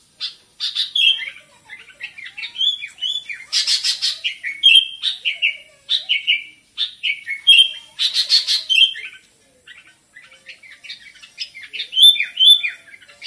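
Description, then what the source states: Sooty-headed bulbul delivering cheerful slurred whistles mixed with scratchy chatter, short phrases repeated back to back in an energetic, uneven rhythm. Described with the Indonesian bird-keeping term gacor, meaning singing vigorously and continuously.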